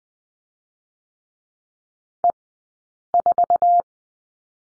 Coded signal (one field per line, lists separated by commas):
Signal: Morse code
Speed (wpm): 20 wpm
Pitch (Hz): 700 Hz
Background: none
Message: E 4